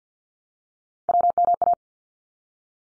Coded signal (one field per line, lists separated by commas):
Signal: Morse code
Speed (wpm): 50 wpm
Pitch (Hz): 700 Hz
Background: none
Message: WMA